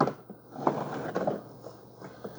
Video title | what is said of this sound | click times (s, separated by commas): SETUP Chefman 6 In 1 Espresso Machine Milk Forther Latte Cappuccino PRIME WATER PUMP | you'll kind of hear a snap and it kind of snaps there. | 0.7 s